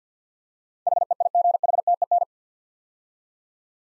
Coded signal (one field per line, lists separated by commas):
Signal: Morse code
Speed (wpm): 50 wpm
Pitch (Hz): 700 Hz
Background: none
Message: HEIGHTEN